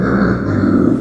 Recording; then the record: squeal of a Yucatan mini pig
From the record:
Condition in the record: after surgery on the right vocal fold (resection and tissue-engineered implant); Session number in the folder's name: 7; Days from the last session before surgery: 47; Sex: female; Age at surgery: 19 weeks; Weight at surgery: 25 kg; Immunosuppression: prednisolone